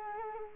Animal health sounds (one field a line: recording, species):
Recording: mosquito wingbeat signal from an infrared sensor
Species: Culex quinquefasciatus